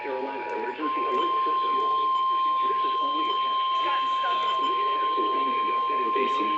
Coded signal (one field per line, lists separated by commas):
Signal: Emergency Alert System (SAME) tones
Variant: 1050 Hz attention tone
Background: speech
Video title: GSP's Tornado Drills and Mental Breakdowns... | EAS #2265-2335 (EAS Tests from March 2022)